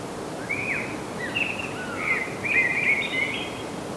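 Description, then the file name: Common blackbird calling with a run of high, chirpy, slightly scratchy notes spread irregularly throughout over a constant noisy background. "Turdus merula"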